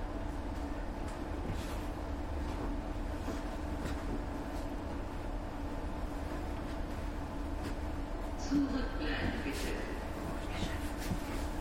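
A ride on an underground metro train between stations, heard from inside the carriage. A steady low rumble and droning hum fill the whole clip with little change, while faint clicks and brief squeals from the wheels and track come through, most noticeably around eight to ten seconds.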